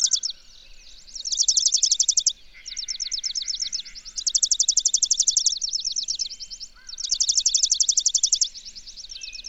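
Bird song of dense, high, rattling trills arriving in three loud bursts, with softer chatter and brief whistles in between.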